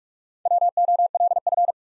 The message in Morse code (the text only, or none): WOLF